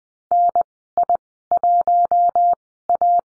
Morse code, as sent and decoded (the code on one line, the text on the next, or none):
-. .. .---- .-
NI1A